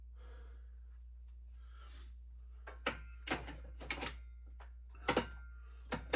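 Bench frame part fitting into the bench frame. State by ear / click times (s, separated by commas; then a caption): not seated / none. During assembly of a Valor Fitness BF-48 Olympic flat weight bench, a frame part is pushed into place on the metal frame, producing a few sharp knocks and rattles around 2.9, 3.9, 5.1 and 6.1 seconds over a steady low hum. Nothing has seated or clicked in yet; the part has not clicked in the way the other side did.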